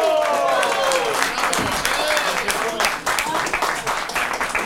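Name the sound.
audience applause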